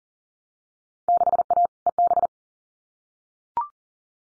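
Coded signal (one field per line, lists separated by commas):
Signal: Morse code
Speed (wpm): 38 wpm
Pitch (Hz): 700 Hz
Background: none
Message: 6A EB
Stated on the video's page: Morse practice at 40 wpm: Field Day exchanges, each sent, spoken, then sent again for head-copy.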